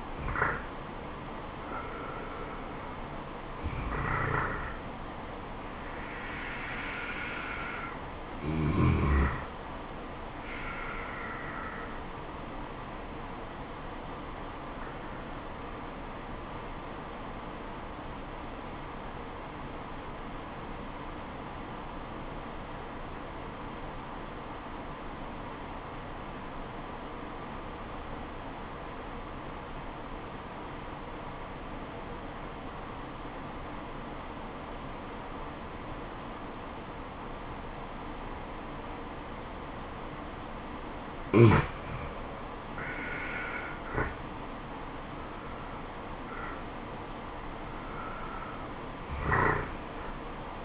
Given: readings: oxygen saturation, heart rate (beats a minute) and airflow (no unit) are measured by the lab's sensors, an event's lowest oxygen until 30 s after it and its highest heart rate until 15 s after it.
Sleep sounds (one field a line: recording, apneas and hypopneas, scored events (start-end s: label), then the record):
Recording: breathing in sleep by a voice recorder at the bedside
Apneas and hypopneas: 1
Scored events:
16.00-44.30 s: obstructive apnea (N2, oxygen 97% highest, then 83% lowest, heart rate 76 at the start, 77 highest)
From the record:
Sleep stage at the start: N2 (light sleep)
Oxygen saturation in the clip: 84 to 97%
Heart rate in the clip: 59 to 77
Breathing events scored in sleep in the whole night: 426 in 7.4 hours asleep